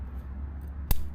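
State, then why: Seated. A plastic side fairing piece is pushed into its mounting point during the side fairing reinstall on a 2015 BMW F800R motorcycle. One sharp click sounds at 0.9 s over low, steady background noise. The fairing piece clips into place and is seated.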